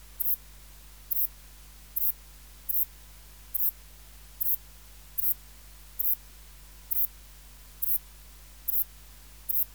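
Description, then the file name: Ephippiger cruciger: crisp, high-pitched chirps in a steady series, each brief and evenly spaced, over a low hum. "Ephippiger cruciger"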